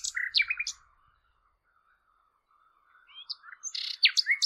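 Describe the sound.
Bird song: quick chirped phrases with high sharp notes, a pause filled by a soft steady whistle, then more chirps and trills.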